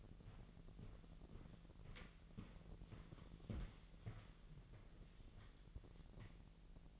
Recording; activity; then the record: daily activity, microphone in the room; walk to room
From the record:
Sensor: 4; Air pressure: 1013.2 hPa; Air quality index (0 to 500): 246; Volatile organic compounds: 4 ppm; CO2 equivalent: 1637 ppm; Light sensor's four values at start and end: 28/67/27/26 and 26/60/25/23